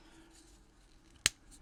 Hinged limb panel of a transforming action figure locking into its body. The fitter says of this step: there we go there we go lock that